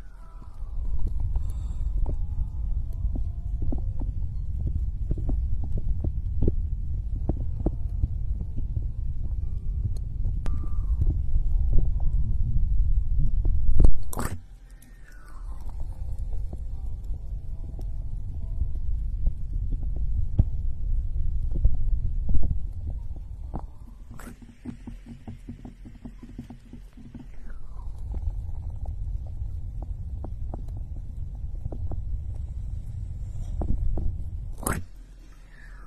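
Ear picking and ear massage, heard as a dense, muffled low rubbing that runs in long stretches, broken by a quieter pause around 24–28 seconds. Sharp brief scrapes and clicks cut through near 14 and 35 seconds, with occasional rising squeaks.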